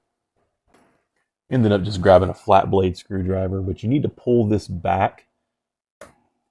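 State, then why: Released. Someone talks while using a flat blade screwdriver to pull back the plastic locking tab on the intake temperature sensor electrical connector of an A90 Supra. After the talking stops, a short, sharp click at 6.0 s marks the tab snapping into its released position, so the clip can be pressed down and the plug lifted off.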